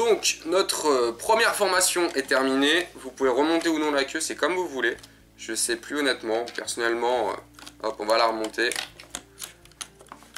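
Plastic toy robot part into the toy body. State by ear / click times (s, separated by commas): seated / 9.8 s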